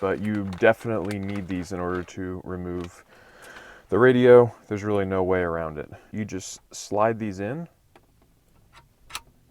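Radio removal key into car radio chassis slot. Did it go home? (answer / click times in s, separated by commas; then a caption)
yes / 9.2 s. A flat metal radio removal key is slid into the slot on the face of the car radio in a B6 Audi A4 center console. Someone talks over most of the clip. Then a single sharp click at 9.2 s marks the key locking into place.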